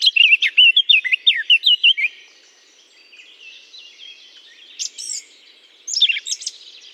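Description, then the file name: Eurasian blackcap song opens with a loud run of clear whistled notes, falls quiet briefly, then returns with short sharp bursts. Singing in holly. "chant de fauvette a tete noire dans houx"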